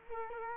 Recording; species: mosquito wingbeat signal from an infrared sensor; Culex quinquefasciatus